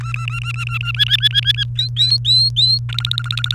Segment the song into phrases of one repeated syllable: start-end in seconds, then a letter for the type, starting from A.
0.01-0.91 A, 0.94-1.64 B, 1.77-2.78 C, 2.89-3.55 D